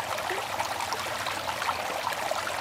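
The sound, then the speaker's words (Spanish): River water trickles and flows steadily, a continuous bright babbling wash with small splashes and gurgles throughout, with no voices. “A nosotros el agua, me enseñaron que nos canta el agua, nos baila, escuchamos el agua”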